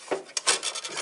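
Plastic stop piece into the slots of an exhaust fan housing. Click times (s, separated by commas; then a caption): 0.4 s. A plastic stop piece is slid through the slots of a Hampton Bay TY-50-A(HD) exhaust fan housing with rubbing and scraping sounds, then pressed in. A sharp snap at 0.4 s marks it seating into place, followed by more rubbing and scraping.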